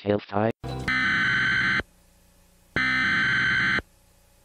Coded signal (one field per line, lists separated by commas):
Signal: Emergency Alert System (SAME) tones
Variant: header bursts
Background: speech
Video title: EAS Scenario #5: Twister of Terror